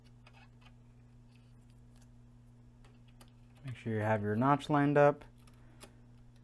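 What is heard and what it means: A laptop memory module for an Intel NUC 6i7KYK mini PC's memory slot is taken out of its packaging and handled while its notch is lined up, before being pushed into the slot. Faint handling ticks are heard over a steady low hum while someone talks. Nothing has seated or clicked yet.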